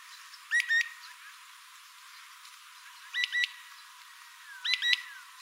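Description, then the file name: Rufous-fronted thornbird song: three bright paired chirps, each quickly rising, spaced irregularly against faint hiss. "Canto do mexeriqueira"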